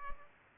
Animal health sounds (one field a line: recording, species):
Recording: mosquito wingbeat signal from an infrared sensor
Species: Culex pipiens